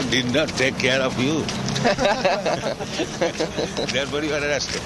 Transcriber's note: laughter